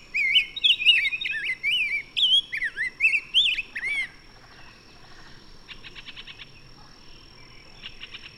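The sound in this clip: Bird song: a run of loud, varied whistled phrases twisting between mid and high pitch, then softer rapid buzzy trills and quiet chatter after four seconds.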